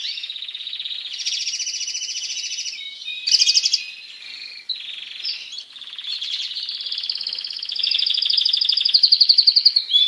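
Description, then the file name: Canary song of long rolling trills that shift in pitch, with a sharp buzzy burst midway and a bright, pulsing roll toward the end. Song of a Spanish breed canary. "canto do canario raca espanhola"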